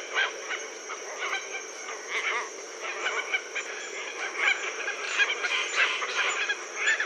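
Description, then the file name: Red-tailed tropicbird calls: harsh, raspy squawks given irregularly and often overlapping, as if from several birds, over a steady high hiss. "phaethon rubricauda"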